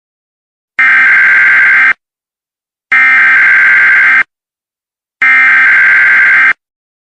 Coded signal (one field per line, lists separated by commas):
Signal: Emergency Alert System (SAME) tones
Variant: header bursts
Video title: EAS Scenario #2: Severe Thunderstorm Warning